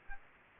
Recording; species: mosquito wingbeat signal from an infrared sensor; Aedes aegypti